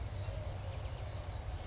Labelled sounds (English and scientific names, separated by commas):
California Towhee (Melozone crissalis)